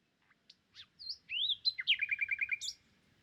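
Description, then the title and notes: Common nightingale song: a few soft separate notes, then a loud looping whistle and a fast, even rattle of repeated clicking notes lasting about half a second. Common nightingale song recorded 1 May 2019 in Crau, Bouches-du-Rhône, France, on a Nagra Seven with cardioid and omnidirectional microphones to compare their sound. "Crau - Bouches du Rhône. Rossignol philomèle"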